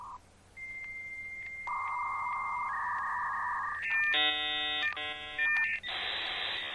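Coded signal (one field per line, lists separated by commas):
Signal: dial-up modem handshake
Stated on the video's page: Dial-up modem sound effect.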